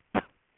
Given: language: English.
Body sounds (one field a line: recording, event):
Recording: throat vibration sensor signal played as sound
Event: cough